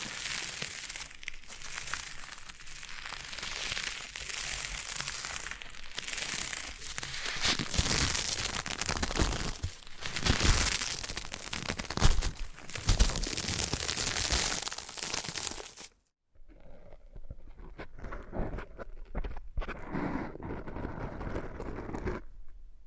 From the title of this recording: Foam Massage